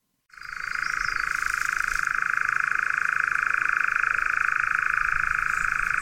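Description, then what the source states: European nightjar churring: one unbroken, rapidly pulsing mechanical trill that starts abruptly and holds steady throughout, with faint higher sounds in the background. Norfolk heathland at dusk on a warm June evening; nocturnal species that feeds on moths.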